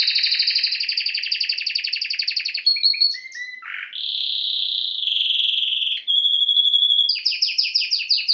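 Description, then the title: Domestic canary song, long rapid rolling trills that shift into buzzy notes, a steady whistled tone, and then loud pulsed trills, all high-pitched and continuous. Male Belgian canary singing a lot; canary training to warm up a young bird. "Canary Training Esquente Seu Filhote E Canario Belga Macho Cantando Muito"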